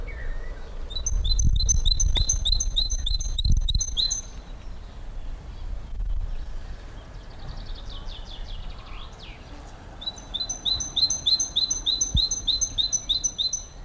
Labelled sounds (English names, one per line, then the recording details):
Great Tit call
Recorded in the wild
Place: Lychen, Brandenburg, DE
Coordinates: 53.21, 13.32
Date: 1995-04-22 17:24
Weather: heiter, 23°C, böiger Wind
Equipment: Marantz CP 430, Sennheiser ME 80, Kopie Uher 4000 Report Monitor
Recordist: Tembrock, Günter